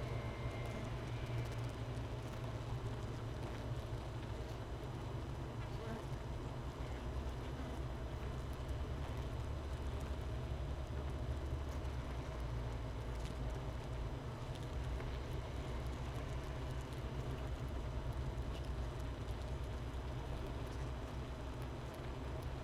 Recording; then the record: honeybee colony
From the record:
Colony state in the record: missing queen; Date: 31 May 2018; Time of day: 13:55